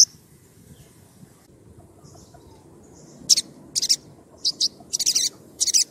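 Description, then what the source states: Oriental magpie-robin song: after a quiet start, a run of short, harsh, buzzy high notes comes in quick uneven bursts over a steady low rumble. Chatty, vocal magpie-robin whistling, used as a lure to draw other magpie-robins into answering.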